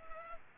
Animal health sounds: mosquito wingbeat signal from an infrared sensor; Culex pipiens

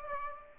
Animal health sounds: mosquito wingbeat signal from an infrared sensor; Aedes aegypti

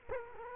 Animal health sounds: mosquito wingbeat signal from an infrared sensor; Culex quinquefasciatus

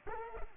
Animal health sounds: mosquito wingbeat signal from an infrared sensor; Culex pipiens

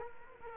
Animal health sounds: mosquito wingbeat signal from an infrared sensor; Culex quinquefasciatus

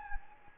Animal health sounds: mosquito wingbeat signal from an infrared sensor; Anopheles gambiae

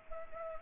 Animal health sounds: mosquito wingbeat signal from an infrared sensor; Culex pipiens

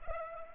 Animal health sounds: mosquito wingbeat signal from an infrared sensor; Culex pipiens

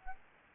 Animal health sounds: mosquito wingbeat signal from an infrared sensor; Anopheles gambiae

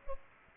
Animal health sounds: mosquito wingbeat signal from an infrared sensor; Culex pipiens

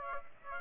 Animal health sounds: mosquito wingbeat signal from an infrared sensor; Aedes aegypti

